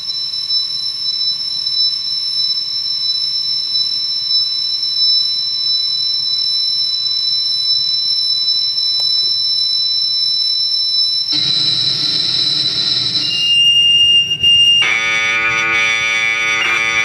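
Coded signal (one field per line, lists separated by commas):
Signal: computer data on cassette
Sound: a long steady whine, then a pure lead tone, then a harsh buzzing data screech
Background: tape hiss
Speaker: legt man so eine Datenkassette in einen normalen Kassettenrekorder ein hört sich das ganze so an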